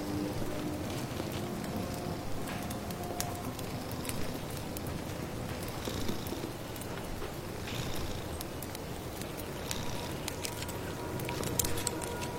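A bubbling pot of soup being stirred, with a dense, steady wash of rustling rain underneath. Crackles and short clicks like firewood pop up throughout, and faint held tones drift in and out, most clearly near the end.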